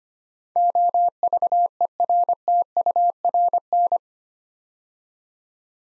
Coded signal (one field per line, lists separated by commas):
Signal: Morse code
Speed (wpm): 25 wpm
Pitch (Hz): 700 Hz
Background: none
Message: OVERTURN